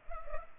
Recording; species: mosquito wingbeat signal from an infrared sensor; Culex pipiens